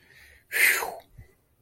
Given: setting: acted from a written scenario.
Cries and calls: vocal sound without words; relief

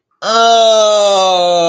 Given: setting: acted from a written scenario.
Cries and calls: vocal sound without words; ecstasy

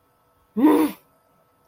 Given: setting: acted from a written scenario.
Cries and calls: vocal sound without words; anger

